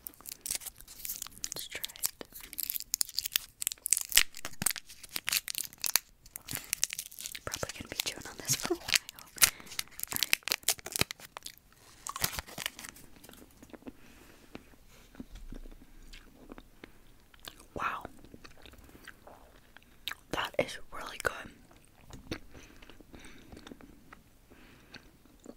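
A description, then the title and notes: Snack wrappers crinkle and tear in a dense, crackling burst for the first half, with sharp bites mixed in. After that it quiets to soft speaking, broken by occasional crunchy bites and chewing. ASMR Trying Treats From Germany (Try Treats Mukbang).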